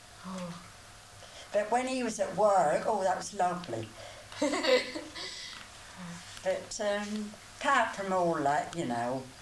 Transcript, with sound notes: Oh.
But when he was at work, oh that was lovely. [laughs] But erm, apart from all that, you know.